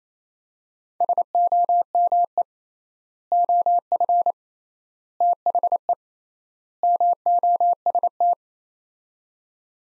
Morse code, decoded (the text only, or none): SOME OF THE MOST